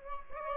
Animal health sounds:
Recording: mosquito wingbeat signal from an infrared sensor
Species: Aedes albopictus

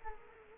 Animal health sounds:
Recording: mosquito wingbeat signal from an infrared sensor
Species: Culex quinquefasciatus

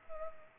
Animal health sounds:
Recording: mosquito wingbeat signal from an infrared sensor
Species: Culex pipiens

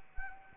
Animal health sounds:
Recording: mosquito wingbeat signal from an infrared sensor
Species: Anopheles arabiensis

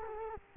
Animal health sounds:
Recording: mosquito wingbeat signal from an infrared sensor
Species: Culex quinquefasciatus

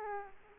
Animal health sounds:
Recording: mosquito wingbeat signal from an infrared sensor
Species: Aedes aegypti

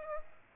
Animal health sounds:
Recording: mosquito wingbeat signal from an infrared sensor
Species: Aedes aegypti

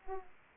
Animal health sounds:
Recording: mosquito wingbeat signal from an infrared sensor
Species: Aedes aegypti

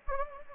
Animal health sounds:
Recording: mosquito wingbeat signal from an infrared sensor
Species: Anopheles gambiae

